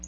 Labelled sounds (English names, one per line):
Black-throated Blue Warbler flight call